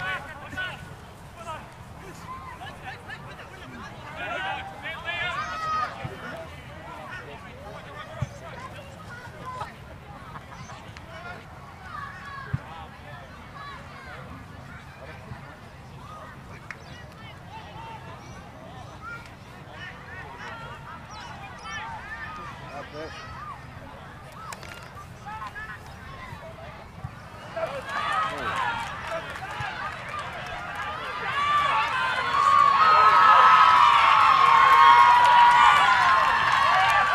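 Crowd voices and player calls fill a rugby league match, a steady murmur of overlapping talk with occasional sharper shouts. Around the 28-second mark the noise swells, and near the end a loud, bright cheer or whistle-like cry rises above the crowd.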